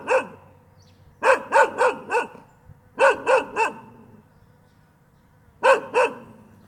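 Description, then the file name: Dog giving a single bark, then rapid runs of four, three and two barks with short pauses between. "tieng cho sua"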